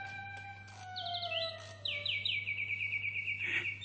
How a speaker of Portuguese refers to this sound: Oh, é um pássaro de corda! Vejam que preciosidade!